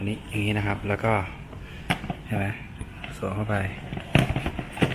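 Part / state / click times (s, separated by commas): tank bag quick-lock base onto motorcycle fuel tank ring / seated / 4.1 s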